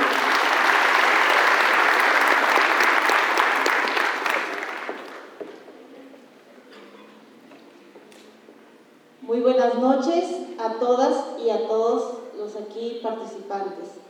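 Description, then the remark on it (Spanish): A crowd at an event in San Cristóbal de las Casas applauds loudly to welcome a speaker, with dense, steady clapping for about five seconds, then it fades to near quiet before a man begins speaking. “Un fuerte aplauso, por favor.”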